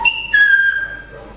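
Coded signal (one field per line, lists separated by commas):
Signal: whistled language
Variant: Silbo Gomero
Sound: a short high whistle that steps down to a lower, slowly falling whistle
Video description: It starts with an example of the local whistling language called "El silbo".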